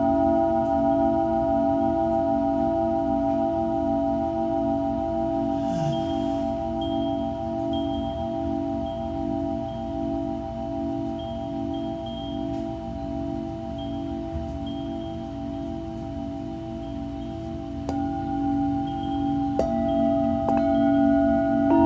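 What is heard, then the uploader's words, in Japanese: A Tibetan singing bowl rings with a steady, sustained hum, its low tone pulsing in a slow, regular wobble beneath clear higher overtones. Around the eighteen-second mark a new, brighter ring joins in, and the layered tone carries on evenly to the end. 夜のシンギングボウルのサウンドヒーリング。チベタンシンギングボウルの子守唄。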